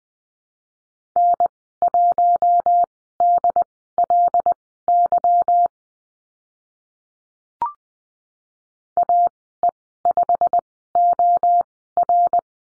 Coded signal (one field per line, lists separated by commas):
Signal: Morse code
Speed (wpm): 20 wpm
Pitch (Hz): 700 Hz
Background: none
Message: N1DLY AE5OR